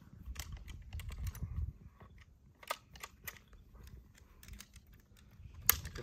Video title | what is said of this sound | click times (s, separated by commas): Wilderness Systems Heavy Duty Kayak Cart - Perfect Fit for Bonafide SS127 | get that one snapped in place and then over here you get your tire on | 5.7 s